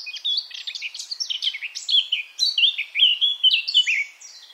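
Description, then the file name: Eurasian blackcap song: a hurried, jumbled warble of scratchy high notes, turning into brighter whistled phrases near the end. "Sylvia atricapilla"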